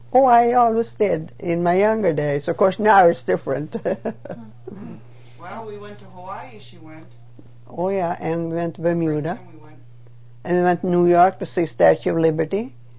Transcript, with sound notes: Oh, I always did in my younger days. Of course, now it's different. (She laughs.)
Well, we went to Hawaii and she went.
Oh, yeah, and we went to Bermuda, and we went to New York to see the Statue of Liberty.